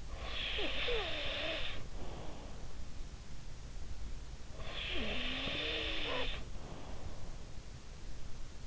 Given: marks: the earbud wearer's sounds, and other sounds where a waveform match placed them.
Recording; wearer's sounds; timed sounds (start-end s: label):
sounds in sleep by an in-ear microphone; snoring breath
0.00-2.71 s: snoring breath
4.69-7.01 s: snoring breath